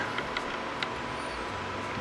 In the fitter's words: click all right cool